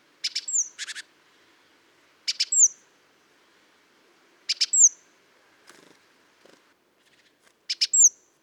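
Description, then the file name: Great tit calling: double clicking notes then a high, thin, downslurred whistle, the phrase repeated several times, with faint soft sounds in between. "Parus major"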